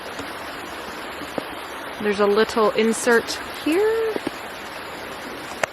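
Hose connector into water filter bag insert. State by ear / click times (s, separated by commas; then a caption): seated / 5.6 s. A plastic hose connector is pushed into the insert on a gravity water filter bag while someone talks over a steady hiss of background noise. A sharp, brief click at 5.6 s marks the connector seating in the insert.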